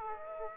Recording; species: mosquito wingbeat signal from an infrared sensor; Aedes aegypti